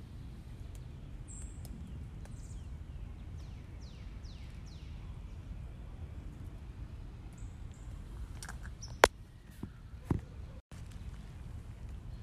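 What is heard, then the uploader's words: A forest after rain with a steady low rumble underneath, like wind or traffic. Thin, high bird chirps and short descending whistles come and go through the first half, and a few sharp clicks or drips land near nine and ten seconds. A forest after a rain storm, dew drops, birds and an occasional owl call.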